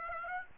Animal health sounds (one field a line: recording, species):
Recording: mosquito wingbeat signal from an infrared sensor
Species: Aedes aegypti